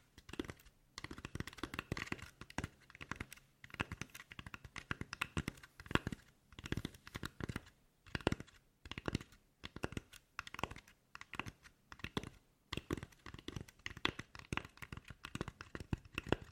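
Rapid, uneven tapping runs in dense bursts throughout, like fingers on keys, with brief pauses near 1, 6, 8 and 12.5 seconds.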